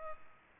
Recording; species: mosquito wingbeat signal from an infrared sensor; Culex pipiens